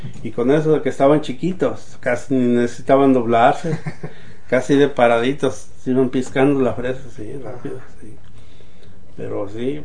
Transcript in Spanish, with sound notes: Y con eso de que estaban chiquitos casi ni necesitaban doblarse. (risas) Casi de paraditos se iban piscando la fresa así rápido, sí.